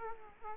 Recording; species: mosquito wingbeat signal from an infrared sensor; Aedes aegypti